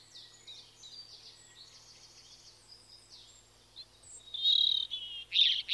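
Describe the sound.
European robin: songbird singing faint high thin warbles over faint background noise, then louder, sharper whistled phrases near the end.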